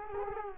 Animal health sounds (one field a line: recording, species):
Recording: mosquito wingbeat signal from an infrared sensor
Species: Culex quinquefasciatus